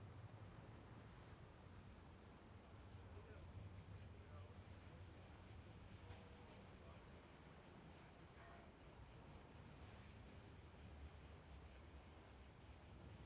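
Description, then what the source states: Cicadas buzzing in a steady, unbroken high drone with a faint pulsing shimmer above it, continuing throughout, over a low background rumble. At night.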